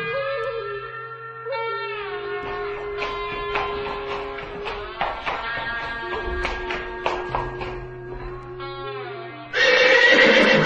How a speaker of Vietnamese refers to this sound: Cuối cùng con ngựa hí to lên và dừng lại sau một cuộc hành trình dài.